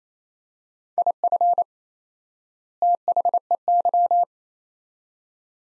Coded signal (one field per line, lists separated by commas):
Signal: Morse code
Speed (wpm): 28 wpm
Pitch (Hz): 700 Hz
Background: none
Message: IF THEY